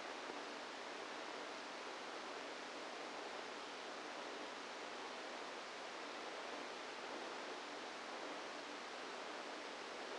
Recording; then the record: brain microelectrode recording played as sound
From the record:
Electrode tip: outside the subthalamic nucleus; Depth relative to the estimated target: 3 mm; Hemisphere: right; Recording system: NeuroSet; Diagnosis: Parkinson's disease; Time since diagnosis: 7 years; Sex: female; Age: 68 years